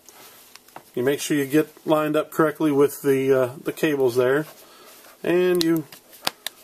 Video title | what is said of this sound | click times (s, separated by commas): Quirky PowerCurl Reduces MacBook Cable Clutter | pop it into place | 6.3 s, 6.5 s